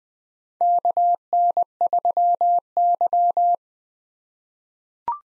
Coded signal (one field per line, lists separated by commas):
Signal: Morse code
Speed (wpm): 21 wpm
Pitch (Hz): 700 Hz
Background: none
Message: KN3Y